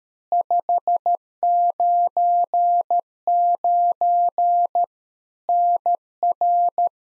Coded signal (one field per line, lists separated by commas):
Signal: Morse code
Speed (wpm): 13 wpm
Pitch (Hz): 700 Hz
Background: none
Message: 599 NR